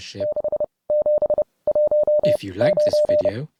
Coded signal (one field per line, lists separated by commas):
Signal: Morse code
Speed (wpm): 30 wpm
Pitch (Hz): 600 Hz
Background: speech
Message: 6719